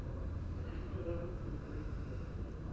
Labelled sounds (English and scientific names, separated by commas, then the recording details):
none
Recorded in Germany
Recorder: ecoPi